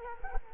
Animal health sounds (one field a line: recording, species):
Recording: mosquito wingbeat signal from an infrared sensor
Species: Culex quinquefasciatus